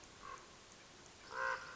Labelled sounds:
Common Raven (Corvus corax)
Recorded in Sonoma County, California

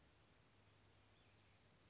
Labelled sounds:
Western Flycatcher (Empidonax difficilis)
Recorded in Sonoma County, California

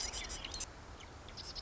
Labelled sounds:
Marsh Wren (Cistothorus palustris)
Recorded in Sonoma County, California

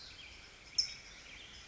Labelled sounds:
California Towhee (Melozone crissalis)
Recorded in Sonoma County, California

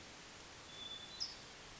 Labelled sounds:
California Towhee (Melozone crissalis)
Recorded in Sonoma County, California

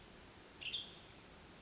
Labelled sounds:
Western Tanager (Piranga ludoviciana)
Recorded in Sonoma County, California

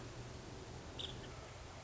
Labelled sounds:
Nuttall's Woodpecker (Dryobates nuttallii)
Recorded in Sonoma County, California

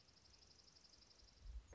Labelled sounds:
Dark-eyed Junco (Junco hyemalis)
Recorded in Sonoma County, California

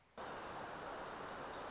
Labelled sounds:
Wilson's Warbler (Cardellina pusilla)
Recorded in Sonoma County, California

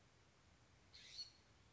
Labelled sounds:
California Scrub-Jay (Aphelocoma californica)
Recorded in Sonoma County, California

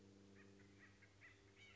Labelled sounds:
Acorn Woodpecker (Melanerpes formicivorus)
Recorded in Sonoma County, California

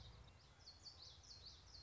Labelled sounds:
Common Yellowthroat (Geothlypis trichas)
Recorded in Sonoma County, California

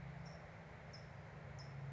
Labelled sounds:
California Towhee (Melozone crissalis)
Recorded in Sonoma County, California

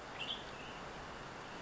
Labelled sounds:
Western Tanager (Piranga ludoviciana)
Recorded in Sonoma County, California

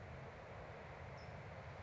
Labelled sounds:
California Towhee (Melozone crissalis)
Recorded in Sonoma County, California

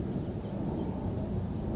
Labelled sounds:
Blue-gray Gnatcatcher (Polioptila caerulea)
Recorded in Sonoma County, California

